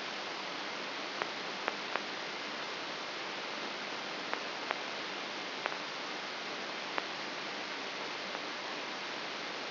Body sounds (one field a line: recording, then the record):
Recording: brain microelectrode recording played as sound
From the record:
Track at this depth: inside the subthalamic nucleus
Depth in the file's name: 3.102 mm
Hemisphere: left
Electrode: 3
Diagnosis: Parkinson's disease